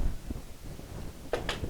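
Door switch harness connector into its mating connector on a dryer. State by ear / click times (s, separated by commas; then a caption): not seated / none. A door switch wire harness plug on a Whirlpool dryer, under repair for making noises when running, is handled against its mating plastic connector, with low rustling followed by two sharp plastic taps at about 1.3 s and 1.5 s. Nothing has seated or snapped together yet.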